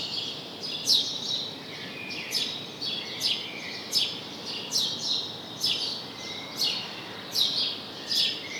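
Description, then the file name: House sparrow chirping in an irregular series of scratchy cheeps, with faint lower twitters behind and light hiss throughout. "Passer domesticus"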